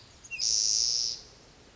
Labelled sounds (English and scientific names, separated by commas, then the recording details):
Spotted Towhee (Pipilo maculatus)
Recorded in Sonoma County, California